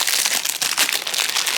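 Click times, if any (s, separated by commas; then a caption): none. An outlet cover plate is held and lined up over a wall receptacle before being pushed on. Only light crinkling handling sounds are heard, with a few brief sharp ticks. Nothing has seated or clicked yet.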